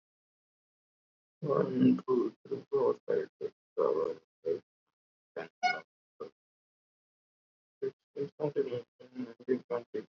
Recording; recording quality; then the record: counting at a fast pace; moderate, slight background noise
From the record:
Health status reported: COVID-19 positive, mild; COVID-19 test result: positive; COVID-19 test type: RT-PCR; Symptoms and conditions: cough, fatigue, muscle pain, hypertension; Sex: male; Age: 35 years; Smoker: yes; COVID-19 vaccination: both doses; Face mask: worn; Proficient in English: yes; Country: India